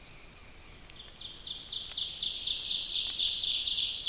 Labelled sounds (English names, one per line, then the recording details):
Ovenbird song
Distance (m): 45 m
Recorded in boreal forest in Alberta, Canada, on 29 May 2016 at 05:44
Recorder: SongMeter 3, array SBT-3-49
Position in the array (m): 117 m, 134 m
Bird 15